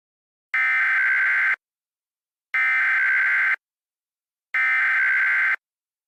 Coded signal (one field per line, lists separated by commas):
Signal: Emergency Alert System (SAME) tones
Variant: header bursts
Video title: EAS Scenario: The World On Notice